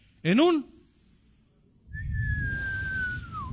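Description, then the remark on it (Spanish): A short vocal sound, then a soft, gentle whistle holds one steady note for over a second before sliding down at the end, over a low background rumble. “En un suave silbido.”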